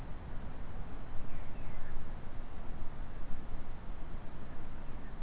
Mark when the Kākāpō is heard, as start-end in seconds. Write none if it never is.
none